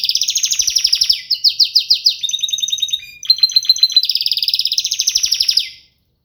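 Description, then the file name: Canary song made of rapid repeated trilled tours, each series of identical syllables replaced by another, with a short break near the middle before the trilling resumes. "Gomez Juan biofonia canto canario"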